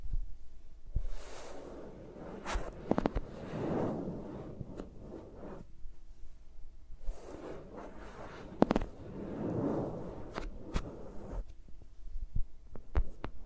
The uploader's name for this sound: ASMR with Mics Around My Fingers (No Talking)